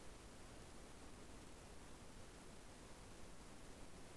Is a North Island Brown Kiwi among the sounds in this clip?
no